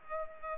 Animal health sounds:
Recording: mosquito wingbeat signal from an infrared sensor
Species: Culex pipiens

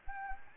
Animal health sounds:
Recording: mosquito wingbeat signal from an infrared sensor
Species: Anopheles gambiae

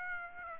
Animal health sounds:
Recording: mosquito wingbeat signal from an infrared sensor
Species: Aedes aegypti

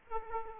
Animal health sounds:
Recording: mosquito wingbeat signal from an infrared sensor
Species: Aedes aegypti

